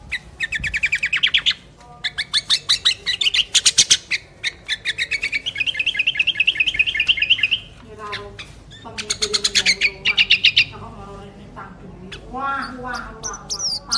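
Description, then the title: Sooty-headed bulbul song: long stretches of fast rattling trills and chatter, a lower bubbling passage midway, then a few rising whistles near the end. "Kutilang"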